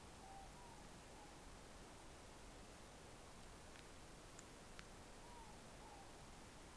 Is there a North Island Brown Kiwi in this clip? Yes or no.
no